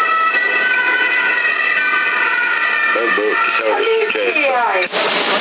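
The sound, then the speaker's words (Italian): An ambulance siren wails loudly in steady, layered tones, then shifts into rapid rising and falling sweeps as it speeds past, with a voice briefly audible underneath. “E un'ambulanza è passata veloce.”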